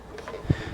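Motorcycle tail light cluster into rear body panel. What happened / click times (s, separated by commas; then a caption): A plastic housing clipped into its mount / 0.2 s, 0.3 s. The rear tail light cluster of a Honda VFR750F RC36 motorcycle is pushed into the plastic rear bodywork panel. Two short, sharp clicks sound at 0.2 s and 0.3 s as the cluster locks into place, followed by a duller, longer thump around 0.5 s. The light cluster is seated.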